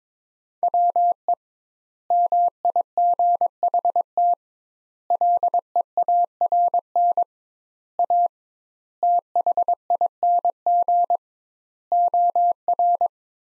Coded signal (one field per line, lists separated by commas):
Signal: Morse code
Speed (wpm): 22 wpm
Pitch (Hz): 700 Hz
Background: none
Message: WE MIGHT LEARN A THING OR